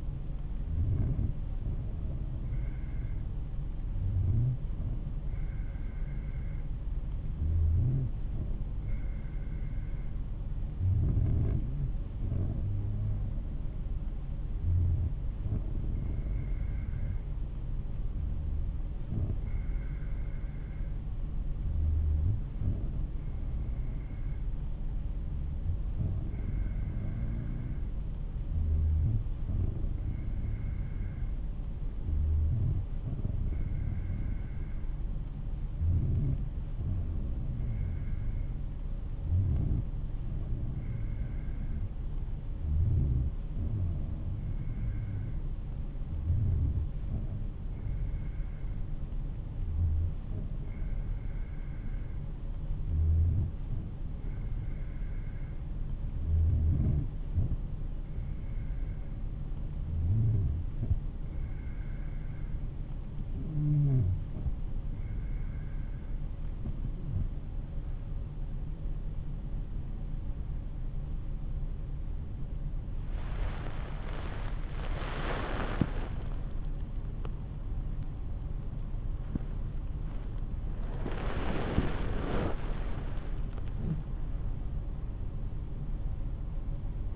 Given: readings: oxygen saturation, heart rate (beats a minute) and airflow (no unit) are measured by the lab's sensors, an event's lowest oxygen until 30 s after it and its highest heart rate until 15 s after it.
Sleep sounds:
breathing in sleep by a smartphone at the bedside; 1
22.00-73.20 s: hypopnea (N2, oxygen 95% highest, then 94% lowest)
24.00-54.00 s: new sleep stage, N3 (deep sleep)
54.00-84.00 s: new sleep stage, N2 (light sleep)
84.00-87.16 s: new sleep stage, awake
From the record:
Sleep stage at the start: N2 (light sleep); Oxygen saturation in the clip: 94 to 95%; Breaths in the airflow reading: 25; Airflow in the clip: -10.1 to 12.8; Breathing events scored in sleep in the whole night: 388 in 6.5 hours asleep

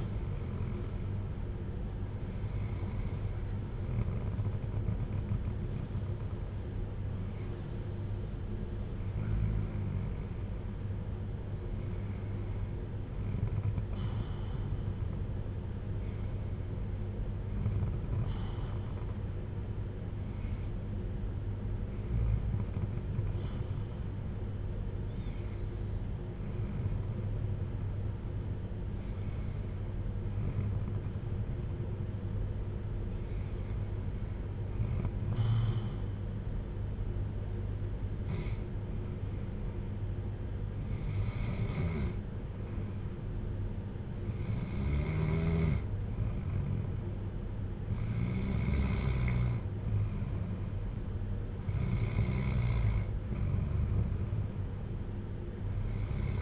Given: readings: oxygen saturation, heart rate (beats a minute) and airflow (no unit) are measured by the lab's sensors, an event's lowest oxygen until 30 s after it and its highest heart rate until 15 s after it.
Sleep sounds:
breathing in sleep by a smartphone at the bedside; 1
26.00-47.80 s: hypopnea (N1, oxygen 95% highest, then 92% lowest, heart rate 58 at the start, 61 highest)
28.00-56.41 s: new sleep stage, N2 (light sleep)
From the record:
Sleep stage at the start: N1 (lightest sleep); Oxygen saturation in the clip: 93 to 95%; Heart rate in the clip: 51 to 61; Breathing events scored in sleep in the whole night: 310 in 8.1 hours asleep

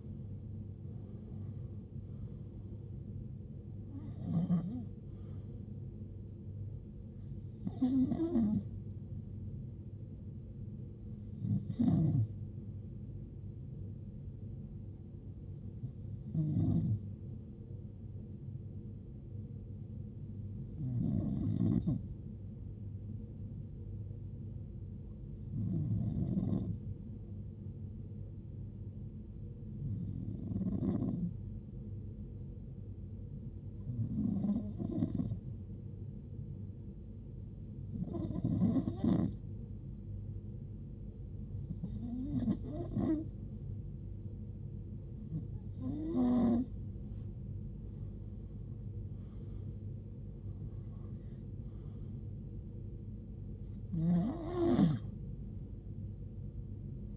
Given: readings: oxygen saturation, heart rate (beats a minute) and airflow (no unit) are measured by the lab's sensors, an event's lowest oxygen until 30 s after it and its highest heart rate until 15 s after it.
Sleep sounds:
breathing in sleep by a smartphone at the bedside; 1
26.00-48.30 s: hypopnea (N2, oxygen 94% highest, then 92% lowest, heart rate 71 at the start, 76 highest)
From the record:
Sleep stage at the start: N2 (light sleep); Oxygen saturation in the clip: 92 to 94%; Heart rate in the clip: 63 to 81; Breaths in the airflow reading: 16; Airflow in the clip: -11.4 to 10.7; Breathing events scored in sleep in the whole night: 389 in 6.3 hours asleep

